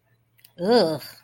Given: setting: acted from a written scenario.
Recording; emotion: vocal sound without words; disgust